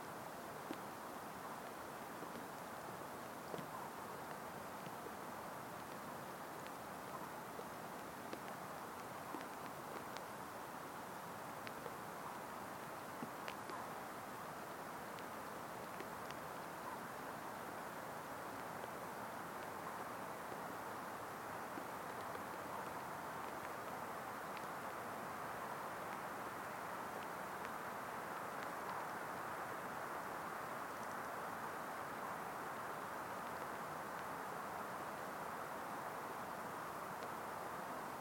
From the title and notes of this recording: It's a misty day at Strathcanaird deep in the Scottish Higlands. The low wind speed and lack of man-made noise made this a perfect stop-and-record location.